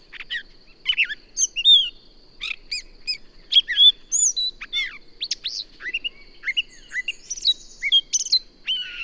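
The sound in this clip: Bird song of scattered bright chirps and short sweeping whistles over a faint constant high-pitched tone.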